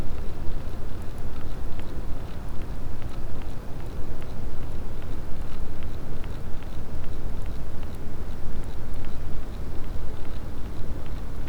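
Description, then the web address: Sperm whale clicking, brief snapping pulses scattered unevenly throughout above a loud, steady low roar. Clean sound marked as a positive sperm whale detection. "Physeter Macrocephalus clean cachalot positif"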